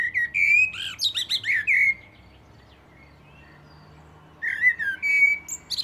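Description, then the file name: Common blackbird song: a full, sliding fluted warble rising into excited high twitters, a pause, then another whistled phrase begins. "Turdus merula"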